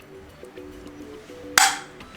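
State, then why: Seated. The stand neck of an MSI G242L gaming monitor is pushed into the stand base over faint steady tones. A sharp, bright click at 1.6 s rings briefly and fades. The neck is seated in the base, and the click confirms everything is in the right place.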